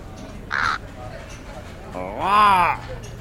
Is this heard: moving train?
no